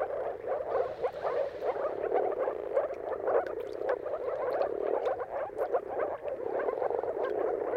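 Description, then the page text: Moor frog: a thick chorus of moor frogs produces soft, rapid gulping notes that merge into a steady bubbling drone throughout. Chorus of many moor frogs giving mating calls at sunrise, at the turn of March and April depending on weather. "Jakub-Orzecki moor frogs. Dawn’s Chorus: Mating Calls of Marsh Frogs at Sunrise. Depending on the weather at the turn of March and April, you can witness an amazing spectacle of moor frogs"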